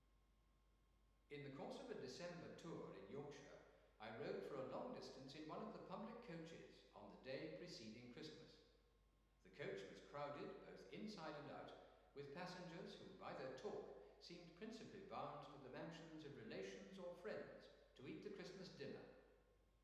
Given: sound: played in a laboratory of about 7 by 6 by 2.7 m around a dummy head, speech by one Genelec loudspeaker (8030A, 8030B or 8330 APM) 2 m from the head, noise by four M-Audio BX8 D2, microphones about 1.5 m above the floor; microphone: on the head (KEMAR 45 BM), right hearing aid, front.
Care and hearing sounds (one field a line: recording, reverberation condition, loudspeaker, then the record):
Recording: male speech in English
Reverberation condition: high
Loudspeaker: 90 degrees to the right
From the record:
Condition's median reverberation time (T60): about 1300 ms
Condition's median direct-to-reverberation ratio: about -4.0 dB